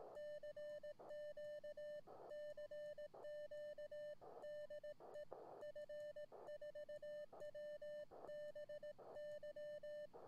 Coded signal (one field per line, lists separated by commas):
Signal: Morse code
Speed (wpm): 18 wpm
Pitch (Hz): 600 Hz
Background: none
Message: CQ CQ DE F4WBY